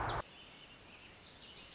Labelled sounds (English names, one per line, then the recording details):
Wilson's Warbler
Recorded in Sonoma County, California